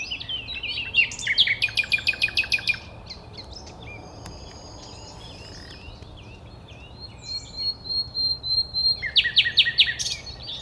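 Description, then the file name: Common nightingale song beginning with fast repeated phrases, then a long thin sustained whistle, and closing with another loud burst of rapid notes. "Luscinia megarhynchos"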